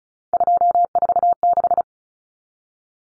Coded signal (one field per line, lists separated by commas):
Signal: Morse code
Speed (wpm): 34 wpm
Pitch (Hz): 700 Hz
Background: none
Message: 246